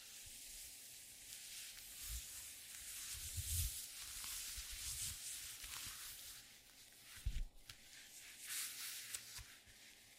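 Leather glove sounds: a steady, dense crackling hiss of rubbing and creaking runs through the whole ten seconds. Low thumps of handling rise around three to four seconds and again near seven seconds, with a sharper squeak-like burst just after seven.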